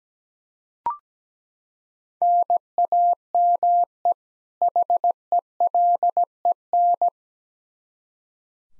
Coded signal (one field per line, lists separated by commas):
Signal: Morse code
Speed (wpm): 17 wpm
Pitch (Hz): 700 Hz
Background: none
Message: NAME HELEN